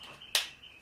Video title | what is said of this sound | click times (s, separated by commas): Product Review - Miele Triflex HX1 Cat & Dog Vacuum Cleaner | There's that nice clicking sound. | 0.4 s